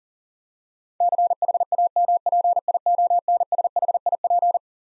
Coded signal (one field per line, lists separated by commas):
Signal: Morse code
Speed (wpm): 37 wpm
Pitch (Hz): 700 Hz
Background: none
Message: CHAMPIONSHIP